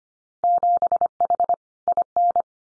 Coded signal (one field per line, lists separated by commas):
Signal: Morse code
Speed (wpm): 25 wpm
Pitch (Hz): 700 Hz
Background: none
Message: 7H IN